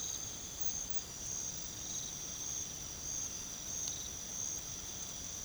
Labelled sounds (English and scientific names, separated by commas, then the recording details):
none
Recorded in pastures near Puerto Asís, Putumayo, Colombia, on 8 March 2025 at 00:00
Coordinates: 0.486, -76.323
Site G075